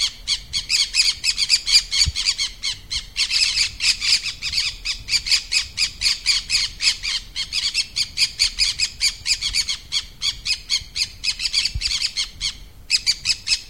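Green-cheeked conure calling: a long, nearly continuous series of grating screechy calls, fast and steady, with only brief breaks.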